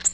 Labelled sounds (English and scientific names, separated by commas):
Nashville Warbler (Leiothlypis ruficapilla) flight call